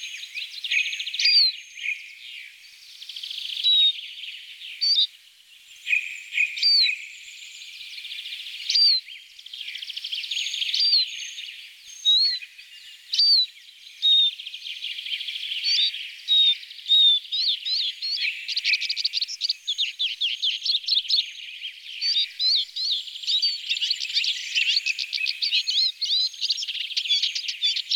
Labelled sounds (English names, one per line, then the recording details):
Eurasian Siskin song
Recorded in the wild
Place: Kandel /Schwarzwald; Waldkirch, Baden-Württemberg, DE
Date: 1985-05-15
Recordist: Schwarz, Dieter
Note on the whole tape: Song